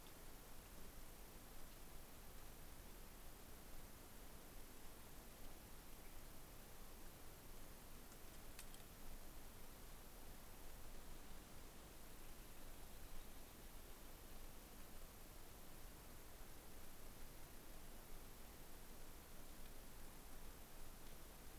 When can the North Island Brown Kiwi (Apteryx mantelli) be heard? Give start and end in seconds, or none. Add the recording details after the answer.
none. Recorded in New Zealand on 11 December 2011. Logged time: 00:43. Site DD66